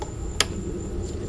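A carburetor is pushed back onto a Yard Machines walk-behind lawnmower engine until it locks. A single sharp, loud click comes at 0.4 s over a faint steady background hum and high tone. The click means the carburetor is seated and locked in.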